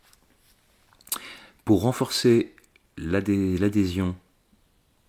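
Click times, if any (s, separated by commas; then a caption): 1.1 s. A second plastic scale, on the pen side, is placed on the cleaned frame of a Victorinox Midnite Minichamp (Minichamp Lite) pocket knife and pressed home, seating with a small click at 1.1 s after a few faint ticks. Someone then talks.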